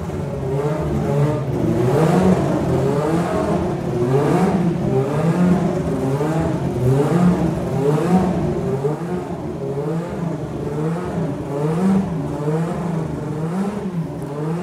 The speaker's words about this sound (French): Mise au point des moteurs. Plage d'utilisation de 9500 à 10 000 tours minute.